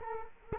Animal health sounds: mosquito wingbeat signal from an infrared sensor; Culex quinquefasciatus

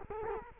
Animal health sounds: mosquito wingbeat signal from an infrared sensor; Culex quinquefasciatus

